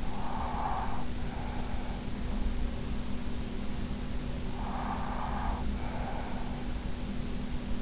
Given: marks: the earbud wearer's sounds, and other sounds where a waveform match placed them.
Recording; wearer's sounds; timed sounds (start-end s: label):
sounds in sleep by an in-ear microphone; breath
0.00-2.13 s: breath
4.23-6.75 s: breath